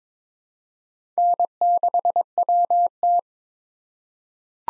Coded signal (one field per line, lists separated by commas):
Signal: Morse code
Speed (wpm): 22 wpm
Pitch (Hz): 700 Hz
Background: none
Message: N6WT